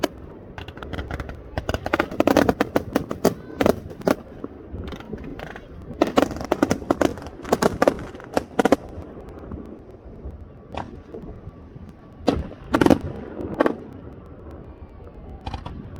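Fireworks in Wasilla, Alaska crack and pop in sharp bursts, thickest around two, six to nine, and thirteen seconds, over low rumbling.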